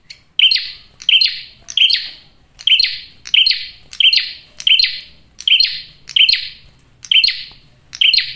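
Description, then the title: Prinia giving loud, harsh chirps in a steady series, roughly one every 0.7 seconds, with a quiet background. Male prenjak singing loudly and clearly in a tight series; used as a trapping lure (pikat) and to attract females (pancingan betina). "Masteran Duet Cililin Vs Kapas Tembak. PRENJAK JANTAN GACOR SUARA JERNIH, RAPET. " COCOK UNTUK PIKAT MAUPUN PANCINGAN BETINA ""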